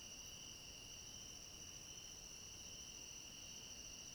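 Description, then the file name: Crickets in chorus, a steady unbroken high trill with a second, higher tone above, continuous throughout over a soft hiss of background noise. Chorus of crickets at night. "Coro de grilos a noite com cachorro longe"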